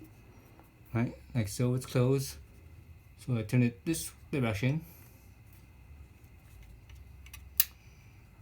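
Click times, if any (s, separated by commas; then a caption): 7.6 s. Someone talks while the bleeder part on an ND Miata's clutch hydraulic system, initially closed, is turned toward open. A sharp click sounds at 7.6 s as it snaps against its wire retaining clip, leaving it all the way open and released.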